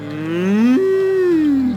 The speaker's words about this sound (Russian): Кто тут мыкает и блее?